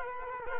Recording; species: mosquito wingbeat signal from an infrared sensor; Culex quinquefasciatus